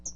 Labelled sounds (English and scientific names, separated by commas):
Hooded Warbler (Setophaga citrina) flight call